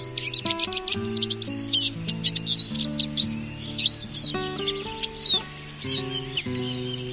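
Eurasian siskin twittering: rapid high chirps and trills in irregular bursts, over soft instrumental music.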